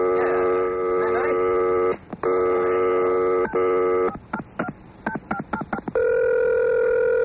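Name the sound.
telephone dialing and ringing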